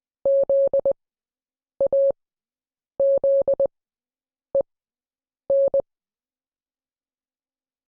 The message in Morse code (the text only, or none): ZAZEN